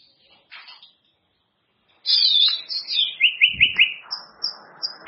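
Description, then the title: White-rumped shama singing: faint notes, a pause, then a rich tumbling phrase of rapid warbles ending in quick high whistled notes. "murai batu"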